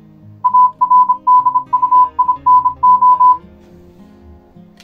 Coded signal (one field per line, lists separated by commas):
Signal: Morse code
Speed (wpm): 27 wpm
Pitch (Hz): 1000 Hz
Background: none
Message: ARDUINO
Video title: DIY Arduino Morse code Decoder and Trainer